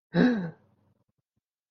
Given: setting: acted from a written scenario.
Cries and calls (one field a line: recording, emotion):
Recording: vocal sound without words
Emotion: realization